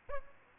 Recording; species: mosquito wingbeat signal from an infrared sensor; Aedes aegypti